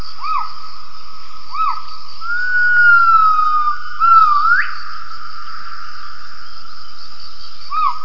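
Gibbon call: clear whistled notes, short arched hoots near the start and end, and a long drawn-out tone that sweeps sharply upward, over a steady high hum.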